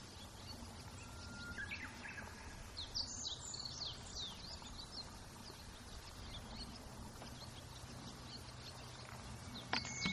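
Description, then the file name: Meadow bunting song, a quick jumble of high, sharp chirping notes in a short phrase midway, over steady low background hum and rustling noise. Recorded on 23 April 2018. "hoojiro 20180423"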